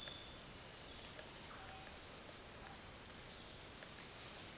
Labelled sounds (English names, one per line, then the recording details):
none
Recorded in dense forest near Puerto Asís, Putumayo, Colombia, on 29 June 2025 at 08:30
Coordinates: 0.468, -76.322
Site GP03